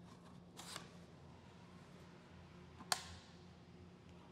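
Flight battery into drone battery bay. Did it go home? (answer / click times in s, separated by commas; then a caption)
yes / 2.9 s. A flight battery is slid into the drone's battery bay and latches home with a sharp click at 2.9 s, after a short sliding rustle around 0.6–0.8 s. The battery is confirmed properly seated.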